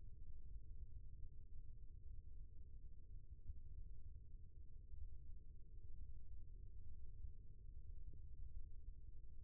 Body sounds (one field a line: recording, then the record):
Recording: forearm muscle sounds (acoustic myography)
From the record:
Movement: rest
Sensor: system 1, eight BSWA MPA416 microphones around the upper forearm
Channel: 1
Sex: male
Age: 18 years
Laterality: right